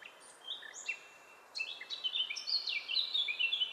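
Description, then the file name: Eurasian blackcap song phrase: a few soft, scattered chirps, then a louder run of clear fluty whistles and warbled notes. "Sylvia atricapilla"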